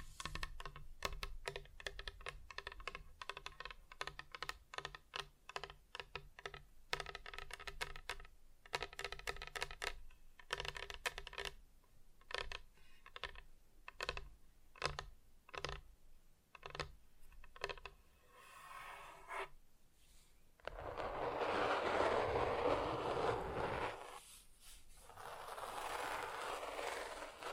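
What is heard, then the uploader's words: Quick, irregular tapping fills the first twenty seconds, then gives way to a steady, bright rubbing hiss that dips briefly near twenty-four seconds. ASMR Just Tapping (Different Surfaces No Talking).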